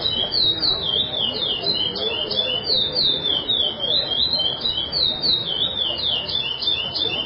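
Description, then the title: Chestnut-bellied seed finch singing a long, unbroken melodious warble of quick whistled phrases, sweeping up and down in pitch throughout. "Canto De Curio"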